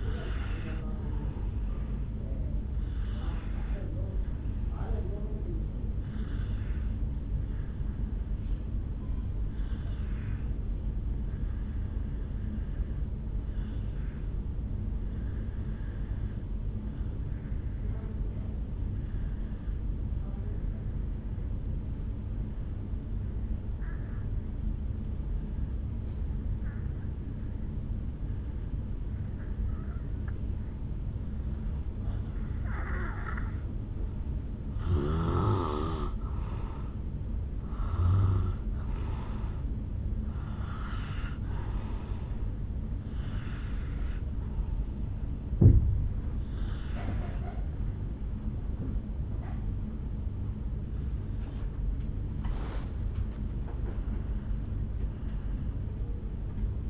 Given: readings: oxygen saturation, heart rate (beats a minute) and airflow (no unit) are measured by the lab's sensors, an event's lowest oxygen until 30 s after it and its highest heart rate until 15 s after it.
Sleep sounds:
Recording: breathing in sleep by a smartphone at the bedside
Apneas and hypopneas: 1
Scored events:
13.00-34.50 s: obstructive apnea (N2, oxygen 96% highest, then 85% lowest, heart rate 52 at the start, 70 highest)
From the record:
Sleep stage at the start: N2 (light sleep)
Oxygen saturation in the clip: 81 to 96%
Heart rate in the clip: 52 to 70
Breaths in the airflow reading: 11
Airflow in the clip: -7.2 to 4.7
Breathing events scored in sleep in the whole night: 449 in 7.0 hours asleep

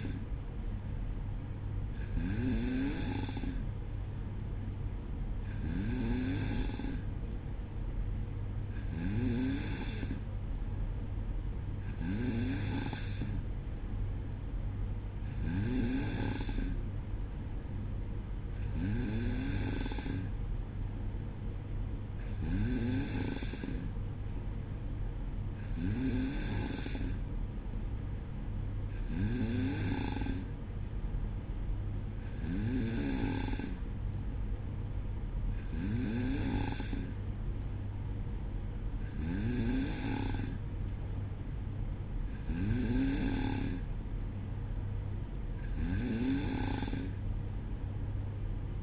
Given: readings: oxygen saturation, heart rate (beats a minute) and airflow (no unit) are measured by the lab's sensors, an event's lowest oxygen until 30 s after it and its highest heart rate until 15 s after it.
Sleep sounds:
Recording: breathing in sleep by a smartphone at the bedside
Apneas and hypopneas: none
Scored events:
none scored
From the record:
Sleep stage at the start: N2 (light sleep)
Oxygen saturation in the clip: 93 to 94%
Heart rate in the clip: 59 to 63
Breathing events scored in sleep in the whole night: 305 in 9.6 hours asleep

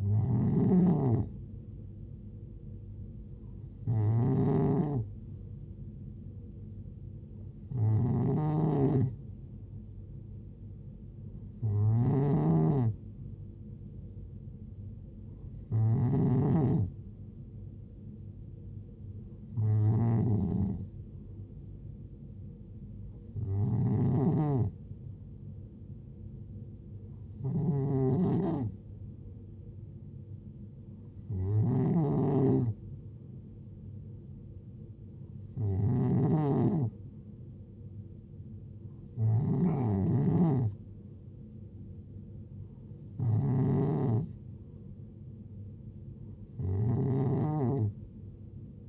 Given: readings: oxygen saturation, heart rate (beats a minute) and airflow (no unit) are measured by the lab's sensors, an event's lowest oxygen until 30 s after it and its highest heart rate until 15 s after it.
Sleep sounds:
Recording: breathing in sleep by a smartphone at the bedside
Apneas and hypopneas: none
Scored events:
17.00-47.00 s: new sleep stage, N3 (deep sleep)
47.00-48.89 s: new sleep stage, N2 (light sleep)
From the record:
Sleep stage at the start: N2 (light sleep)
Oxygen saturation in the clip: 91 to 92%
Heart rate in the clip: 63 to 73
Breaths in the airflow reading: 12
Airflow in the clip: -6.5 to 4.0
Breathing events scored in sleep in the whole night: 389 in 6.3 hours asleep

